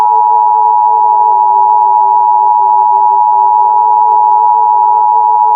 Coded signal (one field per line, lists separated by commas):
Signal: Emergency Alert System (SAME) tones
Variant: 853 and 960 Hz attention tone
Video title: Qubo (REMASTERED) - An EAS Scenario